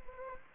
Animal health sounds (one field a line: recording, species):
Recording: mosquito wingbeat signal from an infrared sensor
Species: Anopheles gambiae